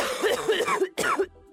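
Two rough, voiced cough bursts, a longer hacking one followed by a short throaty one, with a brief gap between them, from an adult. It is a sore throat cough, a harsh, throat-clearing kind of cough.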